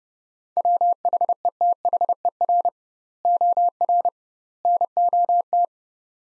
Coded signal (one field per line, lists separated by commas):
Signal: Morse code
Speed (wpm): 30 wpm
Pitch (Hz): 700 Hz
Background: none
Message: WHETHER OR NOT